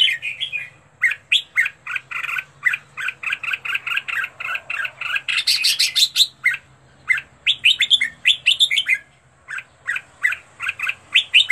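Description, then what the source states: Red-whiskered bulbul song: bright, warbled chirping phrases repeated rapidly and almost continuously, with a brief louder burst of harsher notes midway and a short pause near the end. Training recording for teaching birds to sing; 15 standard song styles.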